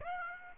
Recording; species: mosquito wingbeat signal from an infrared sensor; Aedes aegypti